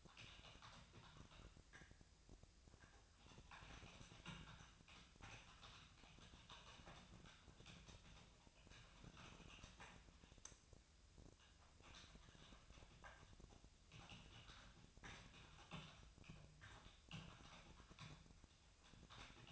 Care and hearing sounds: daily activity, microphone in the room; typing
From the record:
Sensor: 2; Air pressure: 999.1 hPa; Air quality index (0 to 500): 207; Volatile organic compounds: 35 ppm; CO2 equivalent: 3066 ppm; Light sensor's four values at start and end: 7/17/6/7 and 6/16/6/7

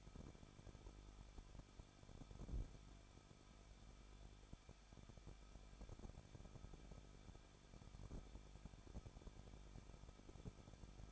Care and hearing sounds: daily activity, microphone in the room; no activity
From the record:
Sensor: 5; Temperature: 20.8 degrees Celsius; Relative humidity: 38.3%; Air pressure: 1006.4 hPa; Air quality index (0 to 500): 188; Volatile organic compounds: 19 ppm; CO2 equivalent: 2648 ppm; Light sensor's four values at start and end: 2/3/1/1 and 2/3/1/1

